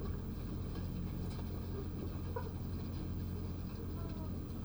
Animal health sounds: poultry house recording; sick chickens (respiratory disease)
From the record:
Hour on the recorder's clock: 19

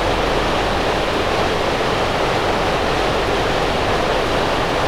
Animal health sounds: poultry house recording; no chicken sound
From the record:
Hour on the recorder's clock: 13

